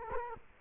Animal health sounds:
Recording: mosquito wingbeat signal from an infrared sensor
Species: Culex quinquefasciatus

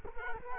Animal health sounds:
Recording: mosquito wingbeat signal from an infrared sensor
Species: Culex quinquefasciatus

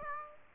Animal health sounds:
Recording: mosquito wingbeat signal from an infrared sensor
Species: Aedes aegypti

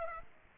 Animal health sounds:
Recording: mosquito wingbeat signal from an infrared sensor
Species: Aedes aegypti

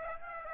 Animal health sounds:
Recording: mosquito wingbeat signal from an infrared sensor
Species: Aedes aegypti

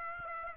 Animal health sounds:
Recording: mosquito wingbeat signal from an infrared sensor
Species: Aedes aegypti

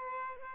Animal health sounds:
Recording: mosquito wingbeat signal from an infrared sensor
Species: Aedes albopictus

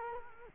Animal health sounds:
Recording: mosquito wingbeat signal from an infrared sensor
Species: Culex quinquefasciatus

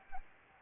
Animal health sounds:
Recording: mosquito wingbeat signal from an infrared sensor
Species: Anopheles arabiensis

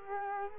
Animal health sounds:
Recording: mosquito wingbeat signal from an infrared sensor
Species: Culex quinquefasciatus

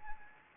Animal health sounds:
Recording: mosquito wingbeat signal from an infrared sensor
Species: Anopheles arabiensis

